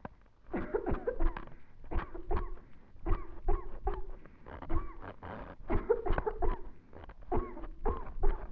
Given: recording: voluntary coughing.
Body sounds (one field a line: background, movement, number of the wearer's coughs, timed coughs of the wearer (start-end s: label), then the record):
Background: quiet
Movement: sitting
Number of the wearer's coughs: 15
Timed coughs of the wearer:
0.51-0.80 s: cough
0.84-1.12 s: cough
1.17-1.50 s: cough
1.90-2.20 s: cough
2.28-2.61 s: cough
3.05-3.37 s: cough
3.45-3.75 s: cough
3.84-4.14 s: cough
4.68-5.02 s: cough
5.67-5.97 s: cough
6.03-6.31 s: cough
6.39-6.69 s: cough
7.29-7.63 s: cough
7.83-8.11 s: cough
8.20-8.48 s: cough
From the record:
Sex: female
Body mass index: 18.8 kg/m2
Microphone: on the chest, facing the body